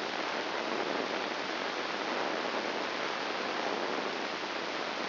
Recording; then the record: brain microelectrode recording played as sound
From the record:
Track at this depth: inside the subthalamic nucleus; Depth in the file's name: 2.503 mm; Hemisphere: left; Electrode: 2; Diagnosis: Parkinson's disease